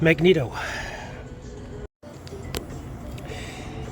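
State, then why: Seated. The rebuilt engine unit of a Homelite UT33650A string trimmer is pressed back into its plastic housing while someone talks over a steady background hum, with a brief silent gap near 1.9 seconds. Faint ticks at 2.3 and 3.2 seconds surround a sharp snap at 2.6 seconds, when the engine unit seats into the housing, confirmed in place.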